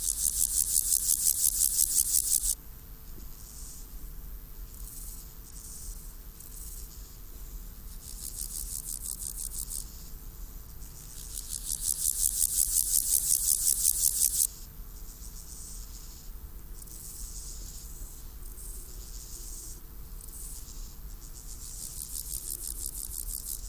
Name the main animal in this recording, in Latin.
Chorthippus parallelus